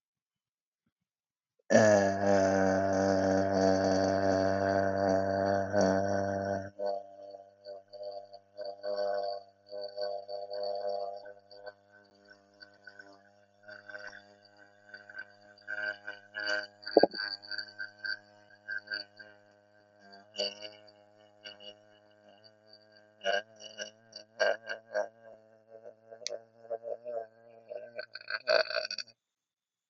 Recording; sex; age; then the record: vowel held as long as possible; male; 20 to 29 years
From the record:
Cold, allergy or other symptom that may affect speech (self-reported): no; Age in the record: 23 years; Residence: United States